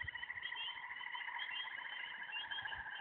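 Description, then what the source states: Tree frog chorus: overlapping pulsed trills forming an unbroken drone. Several tree frogs, recorded at night, 21:47 on 2019-05-17.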